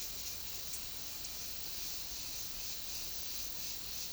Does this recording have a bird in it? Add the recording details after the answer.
no. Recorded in secondary vegetation near Puerto Asís, Putumayo, Colombia, on 19 February 2024 at 14:00. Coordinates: 0.500, -76.326. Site G6428